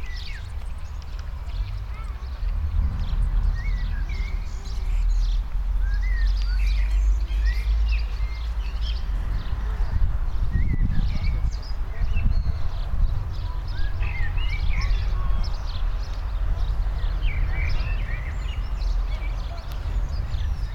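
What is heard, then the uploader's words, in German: Sounds at a bus stop: a steady low rumble of traffic fills the whole stretch, swelling slightly around the ten-second mark. Above it, many short bird chirps and calls come thickly and irregularly throughout. Audioeindrücke von der Bushaltestelle. Am letzten Dienstag hatte ich das Vergnügen, eine viertel Stunde auf dem Bus zu warten.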